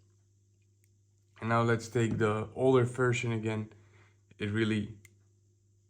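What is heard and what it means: Someone talks while handling the stroke adjustment ring on the older version of a rotary tattoo machine, which is meant to snap firmly into its detent positions, unlike the newer model. Only speech and a faint low hum are heard. The clip ends before the ring goes home, and nothing has seated or clicked yet.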